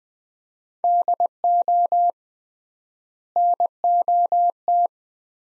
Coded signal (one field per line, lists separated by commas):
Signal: Morse code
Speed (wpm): 20 wpm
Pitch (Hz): 700 Hz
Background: none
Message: DO NOT